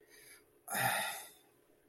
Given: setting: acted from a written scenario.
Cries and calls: vocal sound without words; guilt

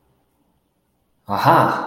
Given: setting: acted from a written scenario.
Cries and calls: vocal sound without words; realization

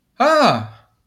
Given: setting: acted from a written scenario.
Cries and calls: vocal sound without words; positive surprise

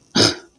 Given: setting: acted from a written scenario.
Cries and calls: vocal sound without words; anger

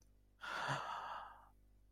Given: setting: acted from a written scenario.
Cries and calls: vocal sound without words; ecstasy

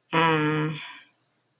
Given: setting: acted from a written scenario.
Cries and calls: vocal sound without words; shame

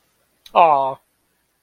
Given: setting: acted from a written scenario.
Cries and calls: vocal sound without words; adoration

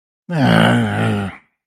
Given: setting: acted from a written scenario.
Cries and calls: vocal sound without words; shame

